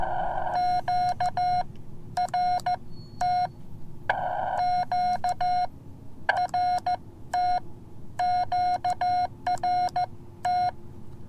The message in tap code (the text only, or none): none